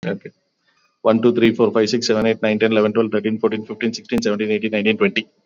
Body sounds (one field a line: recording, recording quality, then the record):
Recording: counting at a fast pace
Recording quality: excellent, no background noise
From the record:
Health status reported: COVID-19 positive, mild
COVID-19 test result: positive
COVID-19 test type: RT-PCR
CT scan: taken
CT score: 22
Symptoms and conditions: cough, cold, sore throat, fever, fatigue, muscle pain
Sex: male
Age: 45 years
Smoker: no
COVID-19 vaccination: both doses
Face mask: worn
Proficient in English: yes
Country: India